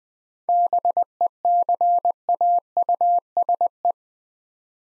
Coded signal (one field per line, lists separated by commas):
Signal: Morse code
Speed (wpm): 21 wpm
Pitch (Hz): 700 Hz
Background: none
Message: BECAUSE